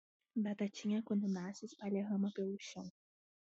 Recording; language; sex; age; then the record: short text; Brazilian Portuguese; female; 20 to 29 years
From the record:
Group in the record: control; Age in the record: 22 years